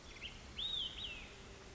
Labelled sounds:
Olive-sided Flycatcher
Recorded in Sonoma County, California

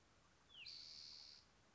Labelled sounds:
Spotted Towhee
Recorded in Sonoma County, California

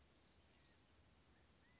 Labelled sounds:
California Quail
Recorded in Sonoma County, California

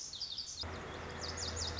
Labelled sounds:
Lazuli Bunting
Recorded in Sonoma County, California

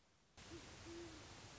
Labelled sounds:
Great Horned Owl
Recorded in Sonoma County, California

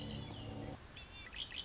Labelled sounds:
Red-winged Blackbird
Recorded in Sonoma County, California

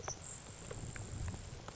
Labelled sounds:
Grasshopper Sparrow
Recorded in Sonoma County, California

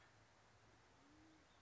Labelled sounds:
Band-tailed Pigeon
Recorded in Sonoma County, California

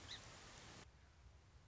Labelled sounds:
Song Sparrow
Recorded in Sonoma County, California

